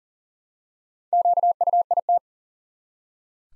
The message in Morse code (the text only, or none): QUIT